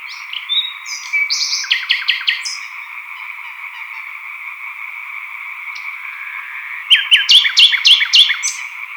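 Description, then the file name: Ongoing chorus of European tree frogs underneath a nightingale's song: repeated stuttering note groups at the start, a pause, then a series of upslurred whistles. Chorus of European tree frogs at Sattenay; dated 140418. "solo-de-rossignol-choeur-de-rainettes-vertes-foulques-Sattenay-140418"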